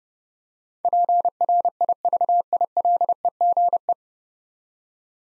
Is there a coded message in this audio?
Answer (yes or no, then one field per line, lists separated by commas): yes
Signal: Morse code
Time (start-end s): 0.8-3.9 s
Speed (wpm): 30 wpm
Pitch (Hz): 700 Hz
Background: none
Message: PRIVILEGE